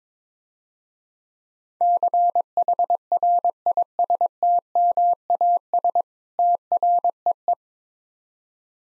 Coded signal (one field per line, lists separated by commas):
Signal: Morse code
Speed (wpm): 24 wpm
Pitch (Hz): 700 Hz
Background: none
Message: CHRISTMAS TREE